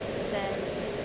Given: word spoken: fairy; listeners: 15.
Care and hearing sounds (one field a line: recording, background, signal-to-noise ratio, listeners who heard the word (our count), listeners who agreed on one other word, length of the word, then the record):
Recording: one English word in noise, from a listening test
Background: speech-shaped noise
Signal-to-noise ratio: -5.1 dB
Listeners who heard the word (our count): 1 of 15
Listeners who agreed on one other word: 6 of 15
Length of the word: 0.65 s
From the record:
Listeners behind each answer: 6, 3, 1, 1, 1, 1, 1, 1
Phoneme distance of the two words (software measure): 37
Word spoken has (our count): 2 syllables, 4 phonemes, stress on syllable 1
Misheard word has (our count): 1 syllable, 3 phonemes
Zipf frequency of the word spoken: 4.16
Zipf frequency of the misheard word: 6.21